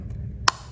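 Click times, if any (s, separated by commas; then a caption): 0.5 s. A wheel cap is centered over the hub of a wheelchair drive wheel, a Magic 360 crossover wheel, and pressed in. Over a low background rumble, a faint tick comes at 0.1 s. A single sharp, bright click follows at 0.5 s as the cap seats into place.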